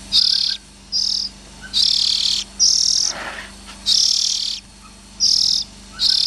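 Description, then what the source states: Oriental magpie-robin calling in rough, hissy bursts, seven in about six seconds, broken by short gaps, with faint low hum underneath. Young birds.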